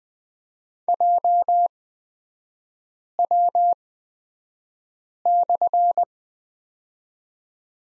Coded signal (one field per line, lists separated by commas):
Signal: Morse code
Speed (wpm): 20 wpm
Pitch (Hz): 700 Hz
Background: none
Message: JW/